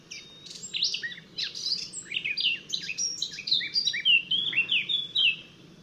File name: Sylvia atricapilla